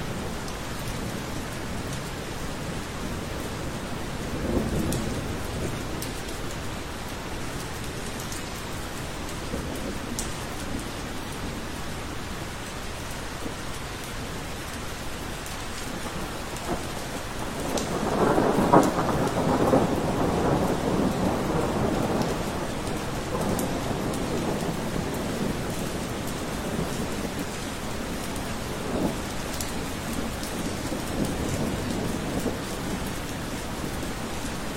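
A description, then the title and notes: Steady rain on a night, a dense even hiss spread across the range with a deep low rumble underneath. Around 18 to 23 seconds a louder, fuller swell rolls through like thunder, then the rain settles back to its constant wash. Decompression sleep 10Hz low frequency rainy night healing sound.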